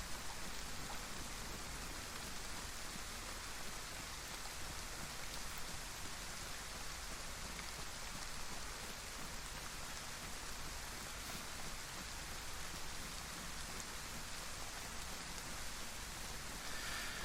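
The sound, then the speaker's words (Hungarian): Steady, even rainfall in a huge forest in a video game hisses without pause, a dense wash of drops pattering on leaves and ground with no voices and no change in loudness throughout. “Itt is esik az eső, egy hatalmas erdőben vagyok, vagy valami ilyesmiben”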